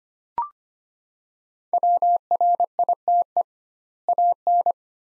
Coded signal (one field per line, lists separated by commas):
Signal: Morse code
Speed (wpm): 25 wpm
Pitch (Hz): 700 Hz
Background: none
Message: WRITE AN